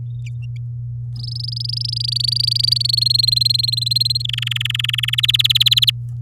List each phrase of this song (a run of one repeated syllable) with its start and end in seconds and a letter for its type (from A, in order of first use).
1.16-2.82 A, 2.84-4.22 B, 4.24-5.21 C, 5.23-5.90 D